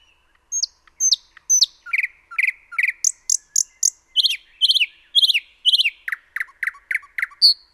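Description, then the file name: Common nightingale song: a few sharp high whistles, then rapid repeated chirping notes and stuttered double notes. "Luscinia megarhynchos 180914"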